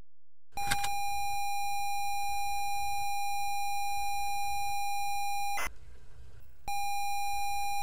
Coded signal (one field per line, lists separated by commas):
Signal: ZX Spectrum tape loading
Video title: WEST BANK (ZX SPECTRUM) # INCLUDING FULL TAPE LOADING # GAMEPLAY #